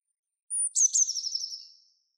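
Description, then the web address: Bird song: one thin, high sustained note, then a quick, slightly descending trill of chirps that fades out. "Deverinetal 2025 Bird Only"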